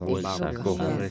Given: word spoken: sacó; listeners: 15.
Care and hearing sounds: one Spanish word in noise, from a listening test; four-talker babble; -2.2 dB; 0 of 15; 7 of 15; 0.71 s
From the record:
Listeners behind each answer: 7, 2, 1, 1, 1, 1, 1, 1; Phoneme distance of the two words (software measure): 35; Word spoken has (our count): 2 syllables, 4 phonemes, stress on syllable 2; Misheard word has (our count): 2 syllables, 5 phonemes, stress on syllable 1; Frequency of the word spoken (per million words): 32.34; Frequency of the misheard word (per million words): 53.53

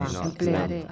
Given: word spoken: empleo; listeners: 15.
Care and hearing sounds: one Spanish word in noise, from a listening test; four-talker babble; 0.9 dB; 4 of 15; 7 of 15; 0.52 s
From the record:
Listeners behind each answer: 7, 4, 1, 1, 1, 1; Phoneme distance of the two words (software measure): 24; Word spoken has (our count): 3 syllables, 6 phonemes, stress on syllable 2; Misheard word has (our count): 4 syllables, 8 phonemes, stress on syllable 3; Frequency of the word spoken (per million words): 86.86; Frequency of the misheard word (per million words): 0.01

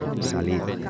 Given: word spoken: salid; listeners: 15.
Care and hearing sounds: one Spanish word in noise, from a listening test; eight-talker babble; -0.3 dB; 2 of 15; 10 of 15; 0.50 s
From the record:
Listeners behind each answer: 10, 2, 1, 1, 1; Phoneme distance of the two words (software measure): 10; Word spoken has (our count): 2 syllables, 5 phonemes, stress on syllable 2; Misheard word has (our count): 2 syllables, 5 phonemes, stress on syllable 2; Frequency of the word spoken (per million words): 0.27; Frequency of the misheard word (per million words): 147.13

